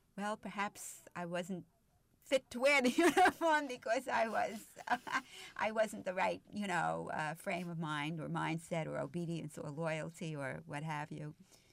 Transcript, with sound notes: well, perhaps I wasn't fit to wear the uniform because I was (She laughs.) I wasn't the right frame of mind or mindset or obedience or loyalty or what have you.